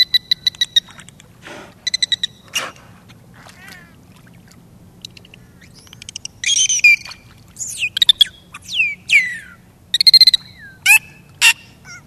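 Bottlenose dolphin whistles: high rising and falling sweeps mixed with rapid buzzing pulse bursts and sharp clicks, coming in clusters with quiet gaps between.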